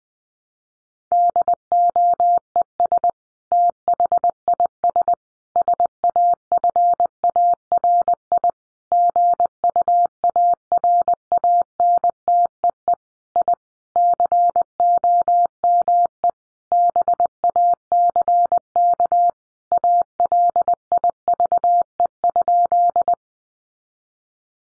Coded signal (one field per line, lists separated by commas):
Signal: Morse code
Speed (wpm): 20 wpm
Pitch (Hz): 700 Hz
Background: none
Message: DOES THIS SAFARI GUARANTEE I COME BACK ALIVE?